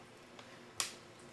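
A plastic screen bezel is pulled away from the lid of a Gateway NV55C laptop during a screen replacement, and one of its small plastic clips pops free. After a faint tick at 0.4 s, a sharp, bright pop at 0.8 s marks the clip releasing out of place.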